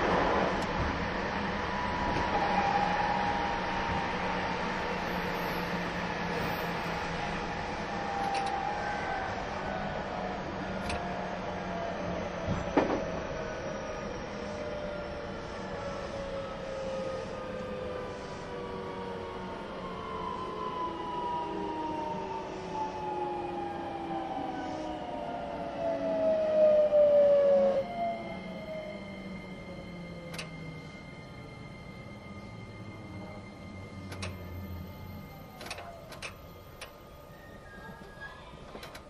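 A train runs with a steady rumbling roar and a set of whining tones that slowly glide downward as it slows. Around 27 seconds the whine peaks and then cuts off, leaving a quieter hum with a few high squeals and faint clicks near the end.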